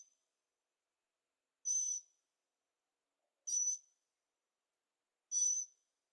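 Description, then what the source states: Bird calls: three high, thin whistled notes with a buzzy edge, each about half a second long, spaced nearly two seconds apart. Birds singing at night in Carefree, Arizona; recorded with a Zoom H6 and stereo microphones.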